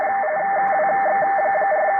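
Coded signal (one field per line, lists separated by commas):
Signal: RTTY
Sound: rapid warbling between two close tones, a steady higher whine, over band-limited hiss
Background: radio static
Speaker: i think i saw there was a contest or something on on uh rtty for the handbands this weekend yeah there must be because there's a lot of there's a lot of it yeah look at that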